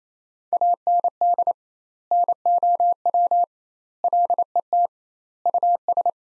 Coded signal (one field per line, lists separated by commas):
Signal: Morse code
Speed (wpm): 28 wpm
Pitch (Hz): 700 Hz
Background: none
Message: AND NOW LET US